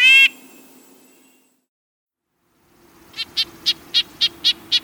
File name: Red breasted Nuthatch